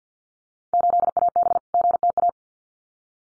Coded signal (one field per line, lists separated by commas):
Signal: Morse code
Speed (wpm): 48 wpm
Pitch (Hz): 700 Hz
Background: none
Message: 8AB GTA